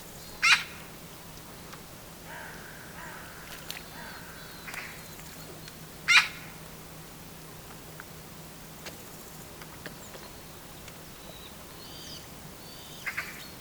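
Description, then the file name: Eurasian magpie giving short, harsh rasping calls, one near the start and one around six seconds, with a fainter burst at the end over quiet background hiss. "Pica pica"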